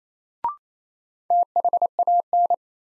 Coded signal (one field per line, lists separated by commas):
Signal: Morse code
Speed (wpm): 27 wpm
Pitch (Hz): 700 Hz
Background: none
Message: THAN